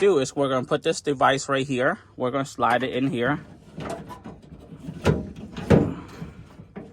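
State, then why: Not seated. Someone talks while a Pop & Lock tailgate lock device is handled and slid toward its mount in the tailgate of a 2014–2021 Toyota Tundra pickup. After the talk, rustling and scraping follow, with two sharp knocks around 5.1 s and 5.7 s. Nothing has seated or locked into place yet.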